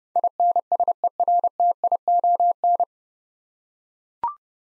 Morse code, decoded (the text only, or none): INSERTION